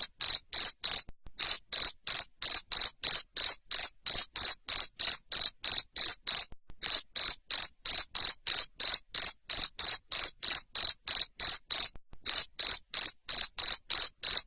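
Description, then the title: Cricket with a relentless series of shrill chirps, about three a second, interrupted by a few short gaps. Loud cricket chirping played to stimulate lovebirds to keep singing. "Suara JANGKRIK NGERIK Keras Bikin LOVEBIRD Jadi NGEKEK Terus"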